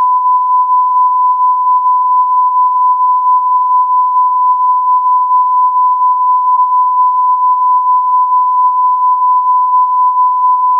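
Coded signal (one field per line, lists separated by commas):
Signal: radio time signal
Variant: Beta (RJH69) carrier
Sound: one continuous steady pure tone around 1 kHz, no breaks or keying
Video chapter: 00:06 : Unmodulated carrier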